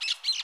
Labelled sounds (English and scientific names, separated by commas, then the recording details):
Brown-throated Parakeet (Eupsittula pertinax) contact call
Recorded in Curacao
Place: along powerline, near entrance of Santa Barbara resort
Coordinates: 12.068, -68.844